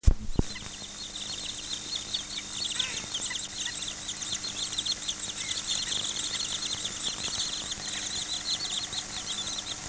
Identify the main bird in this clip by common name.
Wood Sandpiper